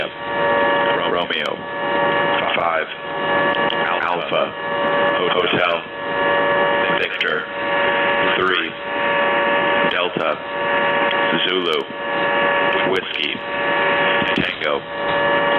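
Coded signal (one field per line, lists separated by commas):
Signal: coded military voice message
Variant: HFGCS EAM, English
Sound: voice reading phonetic-alphabet letters and digits, evenly spaced, over a steady hum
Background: radio static, mains hum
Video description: Station BELLBIRD came up just a little after 0000 UTC (now June 9) with an EAM, then awaiting traffic.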